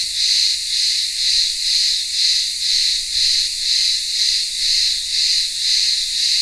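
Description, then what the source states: Cicadas singing a dense, high buzzing chorus that swells and fades in a steady pulse about twice a second, continuous throughout. Cicadas in midday heat in a town square of a remote Greek village on Ikaria island, Greece.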